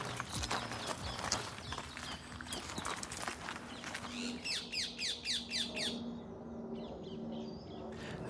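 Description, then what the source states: Parakeet squawks: a fast series of several harsh, downward screeches, after a stretch of clattering and rustling noise. Heard in an urban area; parakeets are said to be present wherever the speakers go.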